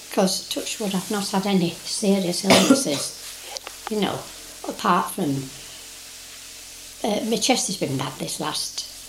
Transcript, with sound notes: 'Cause touch wood, I've not had serious illnesses. [coughs] You know. Apart from, eh, my chest has been bad this last